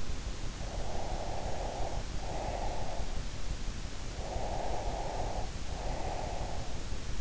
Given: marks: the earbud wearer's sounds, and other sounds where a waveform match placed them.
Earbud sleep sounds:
sounds in sleep by an in-ear microphone; breath
0.75-3.24 s: breath
4.24-6.79 s: breath

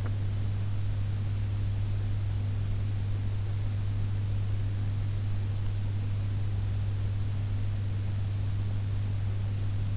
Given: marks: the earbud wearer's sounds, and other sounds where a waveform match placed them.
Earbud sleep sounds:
sounds in sleep by an in-ear microphone; teeth grinding
0.00-0.21 s: teeth grinding

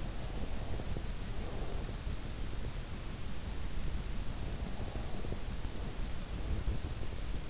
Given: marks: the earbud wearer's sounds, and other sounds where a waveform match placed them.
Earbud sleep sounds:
sounds in sleep by an in-ear microphone; breath
0.00-2.25 s: breath
4.23-6.82 s: breath

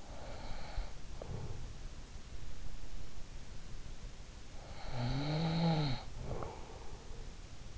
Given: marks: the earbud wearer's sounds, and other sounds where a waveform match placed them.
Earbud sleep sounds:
sounds in sleep by an in-ear microphone; snoring breath
0.00-1.67 s: snoring breath
4.58-6.93 s: snoring breath

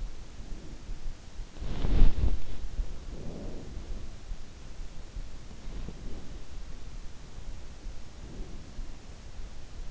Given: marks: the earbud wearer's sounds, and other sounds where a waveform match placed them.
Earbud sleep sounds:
sounds in sleep by an in-ear microphone; breath, body movement
0.00-1.53 s: breath
1.53-2.19 s: body movement
2.86-4.06 s: breath
5.16-6.36 s: breath
7.83-9.08 s: breath

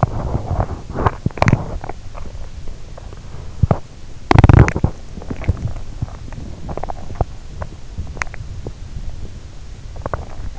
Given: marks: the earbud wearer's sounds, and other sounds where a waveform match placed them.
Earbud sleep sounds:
sounds in sleep by an in-ear microphone; teeth grinding, swallowing
0.00-1.91 s: teeth grinding
3.76-9.47 s: teeth grinding
9.99-10.59 s: swallowing

